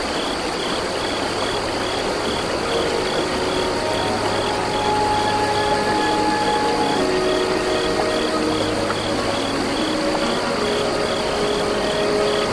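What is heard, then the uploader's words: Crickets chirp in a fast, steady, regular pulse high above a constant rushing wash of flowing water. The sound stays even and dense throughout, with a few faint, thin held tones drifting through the middle range, one clearest around six seconds. Peaceful Flute Meditation Music with Small River and Crickets.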